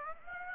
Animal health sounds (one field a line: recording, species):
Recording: mosquito wingbeat signal from an infrared sensor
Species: Aedes aegypti